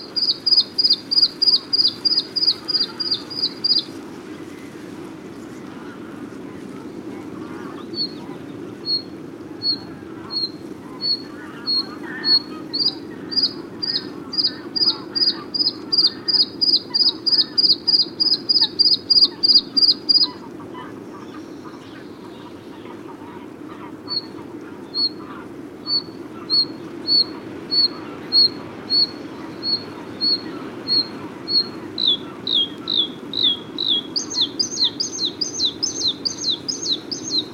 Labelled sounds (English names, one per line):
Bluethroat song